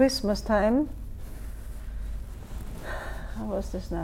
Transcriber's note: sighs